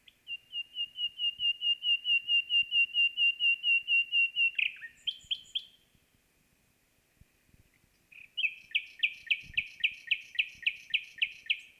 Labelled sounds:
Common Nightingale (Luscinia megarhynchos) song

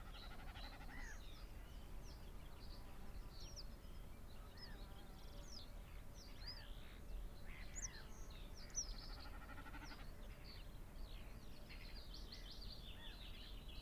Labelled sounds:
Common Snipe (Gallinago gallinago)

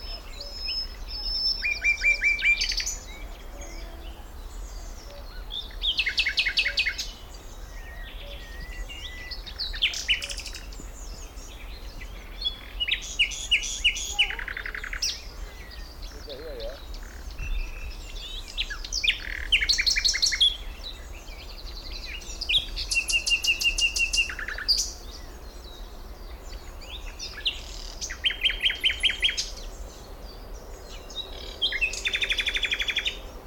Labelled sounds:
Common Nightingale (Luscinia megarhynchos)

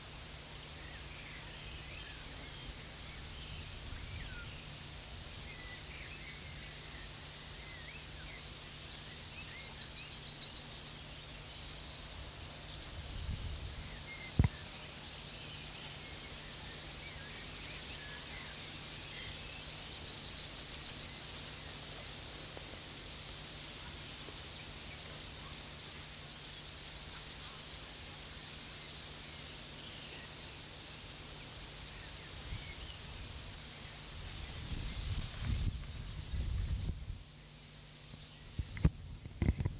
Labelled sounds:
Yellowhammer (Emberiza citrinella) song

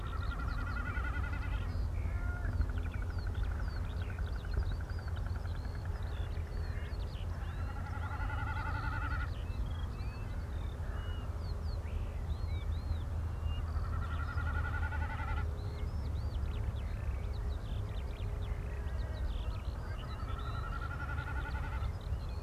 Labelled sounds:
Common Snipe (Gallinago gallinago) bleating

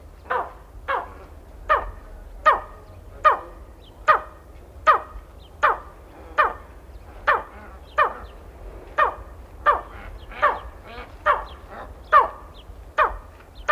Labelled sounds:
Tawny Eagle (Aquila rapax) call

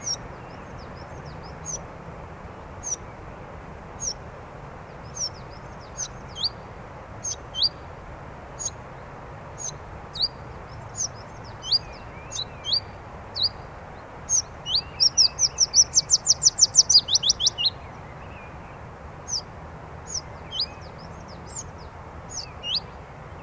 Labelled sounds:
Willow Warbler (Phylloscopus trochilus) song

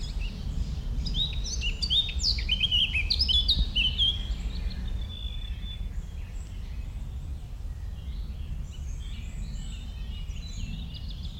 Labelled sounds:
Hooded Crow (Corvus cornix) call

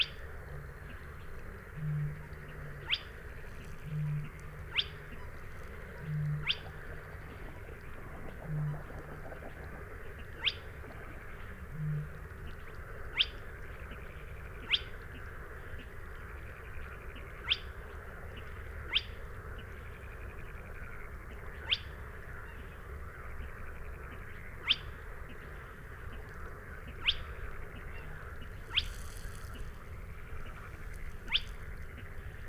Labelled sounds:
Spotted Crake (Porzana porzana) song

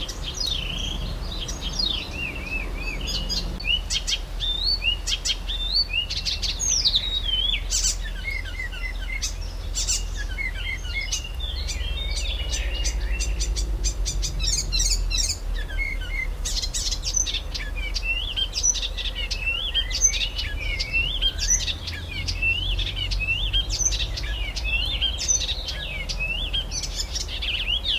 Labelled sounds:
Icterine Warbler (Hippolais icterina)

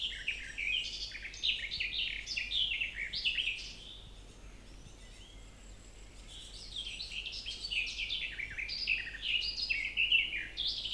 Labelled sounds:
Garden Warbler (Sylvia borin) song

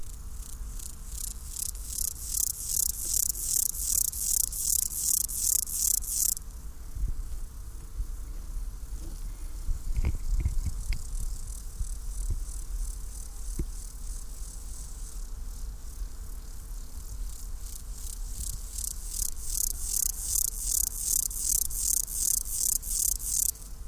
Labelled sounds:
Steppe Grasshopper (Chorthippus dorsatus) stridulation

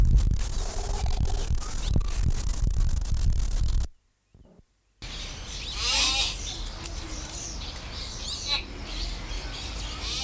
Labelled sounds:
Common Hill Myna (Gracula religiosa) call

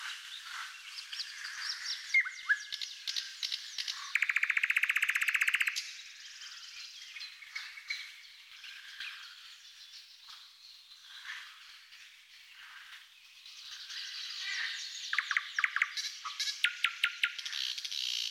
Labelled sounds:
Thrush Nightingale (Luscinia luscinia) song

